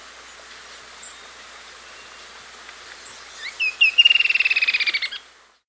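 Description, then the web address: Creamy-bellied Antwren: a few scattered high notes, then a fast, even series of clipped high notes that gently fall in pitch over about one second. South America. "Natures Songs S America Creamy-Bellied Antwren"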